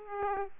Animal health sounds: mosquito wingbeat signal from an infrared sensor; Aedes aegypti

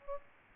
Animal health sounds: mosquito wingbeat signal from an infrared sensor; Aedes albopictus

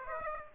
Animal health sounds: mosquito wingbeat signal from an infrared sensor; Aedes aegypti

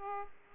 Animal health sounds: mosquito wingbeat signal from an infrared sensor; Aedes aegypti

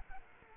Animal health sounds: mosquito wingbeat signal from an infrared sensor; Aedes aegypti

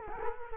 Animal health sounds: mosquito wingbeat signal from an infrared sensor; Culex quinquefasciatus

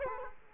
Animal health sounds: mosquito wingbeat signal from an infrared sensor; Culex quinquefasciatus

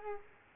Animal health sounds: mosquito wingbeat signal from an infrared sensor; Culex quinquefasciatus

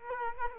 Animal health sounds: mosquito wingbeat signal from an infrared sensor; Culex quinquefasciatus

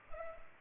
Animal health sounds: mosquito wingbeat signal from an infrared sensor; Culex pipiens

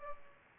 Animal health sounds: mosquito wingbeat signal from an infrared sensor; Culex pipiens

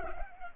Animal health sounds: mosquito wingbeat signal from an infrared sensor; Culex pipiens

